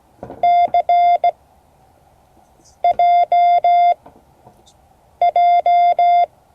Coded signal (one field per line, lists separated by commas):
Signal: Morse code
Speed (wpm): 16 wpm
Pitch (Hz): 700 Hz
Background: none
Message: CJJ